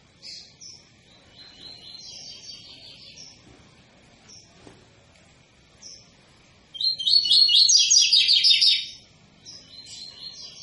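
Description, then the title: Double-collared seedeater gives scattered soft chirps, then a loud two-second run of rapid buzzy notes, followed by quieter chips. Tui-tui song style, intended as a teaching song for young birds; the bird is described as 'fibra'. "COLEIRO TUI TUI FIBRA CANTO PROFESSOR"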